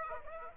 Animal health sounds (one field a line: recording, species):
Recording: mosquito wingbeat signal from an infrared sensor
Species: Aedes aegypti